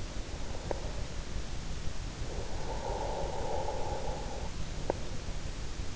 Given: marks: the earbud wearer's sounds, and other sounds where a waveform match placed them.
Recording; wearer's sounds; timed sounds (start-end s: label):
sounds in sleep by an in-ear microphone; breath
2.39-5.06 s: breath